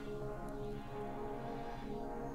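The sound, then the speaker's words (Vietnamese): A truck horn blares loudly and continuously for the whole stretch, a rich, brassy tone with a slight wavering dip in pitch, and no voices. “Bên tai bỗng vang lên tiếng còi xe inh ỏi, một ngọn đèn pha xe tải rọi thẳng trước mắt.”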